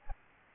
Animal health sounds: mosquito wingbeat signal from an infrared sensor; Aedes albopictus

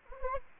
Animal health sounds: mosquito wingbeat signal from an infrared sensor; Anopheles gambiae

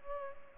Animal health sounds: mosquito wingbeat signal from an infrared sensor; Culex pipiens

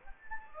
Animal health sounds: mosquito wingbeat signal from an infrared sensor; Anopheles gambiae

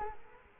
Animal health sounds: mosquito wingbeat signal from an infrared sensor; Culex quinquefasciatus

